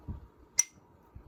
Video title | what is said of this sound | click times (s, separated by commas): Rasasi Hawas Black VS Armaf Club De Nuit Intense Man Parfum - Comparison Video | it has that click sound to it which is kind of nice like satisfying, | 0.6 s